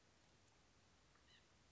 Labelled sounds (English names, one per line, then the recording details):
White-breasted Nuthatch
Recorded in Sonoma County, California